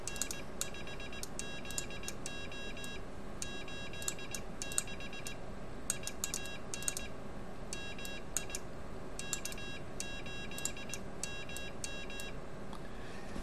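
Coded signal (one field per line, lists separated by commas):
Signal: Morse code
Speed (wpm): 19 wpm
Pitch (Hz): 2750 Hz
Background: none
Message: N5ZO 86 IAN MI K8MM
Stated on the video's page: Morse practice sent with an iambic keyer via WinKeyer USB and Iambic Master practice software on a computer.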